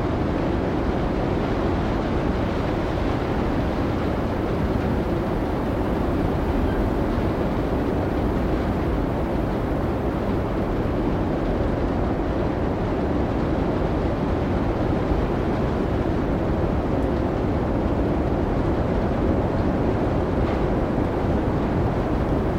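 A roaring wind storm blows without pause, a thick, heavy rush concentrated in the low end with a softer hiss above. The loudness stays nearly constant for the whole stretch, with no gusts or breaks standing out, like a steady winter gale.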